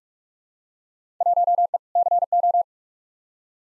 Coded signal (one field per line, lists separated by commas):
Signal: Morse code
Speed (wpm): 46 wpm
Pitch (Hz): 700 Hz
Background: none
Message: 1E CO